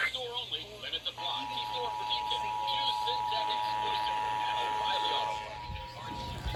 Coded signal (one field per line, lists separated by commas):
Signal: Emergency Alert System (SAME) tones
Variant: 853 and 960 Hz attention tone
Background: speech